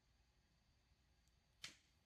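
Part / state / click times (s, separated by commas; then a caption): phone battery in its adhesive bed in the phone housing / released / 1.6 s. A pry tool is worked down each side of an LG X Power 2 (M320 / SP320 / M322 / X320) phone battery sitting in its adhesive bed in the phone housing. After a quiet, low-level stretch, a single sharp pop sounds at 1.6 s with a short decaying tail. The battery breaks completely free of its adhesive.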